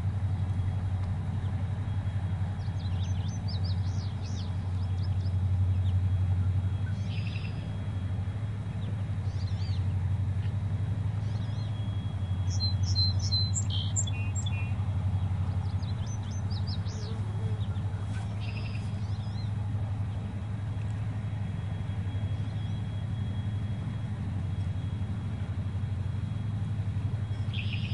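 Birds chirp in short, scattered bursts, busiest around the middle, over a steady low rumble like traffic that runs throughout.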